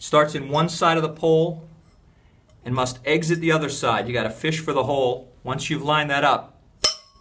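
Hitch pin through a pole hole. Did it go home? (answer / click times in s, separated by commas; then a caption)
yes / 6.9 s. Someone talks while a metal hitch pin, a modified cotter pin, is fished through a hole about 6 inches up a pole so it enters one side and exits the other. At 6.9 s a sharp metallic click is heard as the pin snaps in place and is seated.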